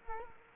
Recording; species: mosquito wingbeat signal from an infrared sensor; Culex quinquefasciatus